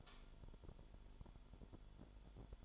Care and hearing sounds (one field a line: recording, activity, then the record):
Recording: daily activity, microphone in the room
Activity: light on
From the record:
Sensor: 5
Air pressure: 1008.0 hPa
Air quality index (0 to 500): 104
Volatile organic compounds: 1 ppm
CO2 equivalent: 809 ppm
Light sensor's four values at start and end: 34/80/33/33 and 35/81/33/33